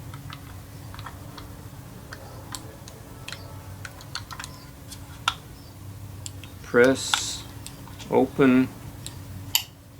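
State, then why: Seated. A plastic US-style plug adapter is pressed onto the body of a USB charger while someone talks, with small scattered ticks and taps throughout. A sharp click at 9.6 s marks the adapter latching into place, seated on the charger.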